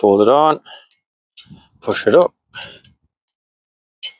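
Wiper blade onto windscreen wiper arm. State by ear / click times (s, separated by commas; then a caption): seated / 4.0 s. Someone talks while a new Bosch wiper blade's plastic adapter is pushed up onto the hook of the metal windscreen wiper arm on a Nissan Qashqai J11. A short, sharp click sounds at 4.0 s as the blade seats on the arm.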